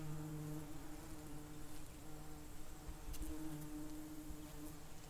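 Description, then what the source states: Bees droning steadily in a low buzzy hum, a brief louder surge near the start and again past three seconds. Bees recorded close.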